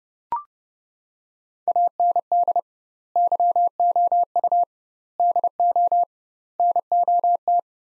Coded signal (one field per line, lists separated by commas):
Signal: Morse code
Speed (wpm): 30 wpm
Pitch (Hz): 700 Hz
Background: none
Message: AND YOU DO NOT